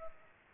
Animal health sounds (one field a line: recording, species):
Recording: mosquito wingbeat signal from an infrared sensor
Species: Culex pipiens